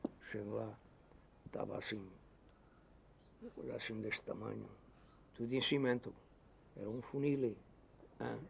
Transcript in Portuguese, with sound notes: chego lá, estava assim [pausa] uma coisa assim deste tamanho. Tudo em cimento! Era um funil, hem!